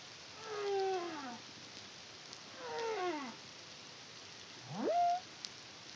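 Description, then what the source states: Humpback whale song: two long downsweeping moans with rich harmonics, then a sharp upsweeping whoop ending in a steady tone, over a soft hiss. Song; Caribbean, CARIMAM project, 2023.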